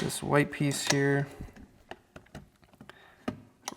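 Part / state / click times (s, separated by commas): plastic cable retainer clip into car door lever / seated / 3.7 s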